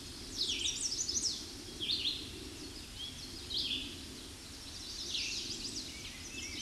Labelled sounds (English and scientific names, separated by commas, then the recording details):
Red-eyed Vireo (Vireo olivaceus) song
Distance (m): 20 m
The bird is about 5 m above the microphone
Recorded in a Pennsylvania forest on 16 May 2024 at 07:12
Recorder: AudioMoth, point MSD-2095
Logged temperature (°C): 16.3 °C
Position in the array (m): 129 m, 50 m